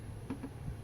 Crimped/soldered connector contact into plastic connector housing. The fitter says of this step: To just click, you hear the click, that snaps it in place.